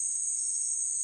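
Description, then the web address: Crickets giving a constant, piercing high trill that never pauses, with a thin steady lower tone underneath. Crickets recorded at night. "the sound pack tree. night crickets"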